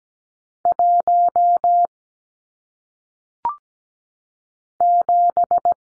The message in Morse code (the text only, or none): 1 7